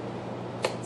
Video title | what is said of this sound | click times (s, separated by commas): Unboxing My First Mac Computer (MacBook Pro.) | snug you hear it the click that mean it's in | 0.7 s